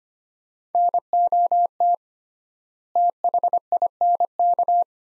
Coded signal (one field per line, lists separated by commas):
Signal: Morse code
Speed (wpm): 25 wpm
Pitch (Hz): 700 Hz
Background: none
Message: NOT THINK